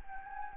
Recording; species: mosquito wingbeat signal from an infrared sensor; Anopheles gambiae